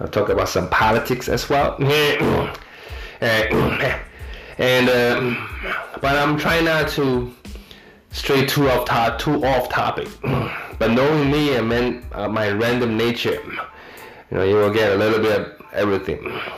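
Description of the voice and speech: An adult man with Tourette syndrome speaks, and repeated abrupt throat clears break up his sentences. These are vocal tics of Tourette syndrome.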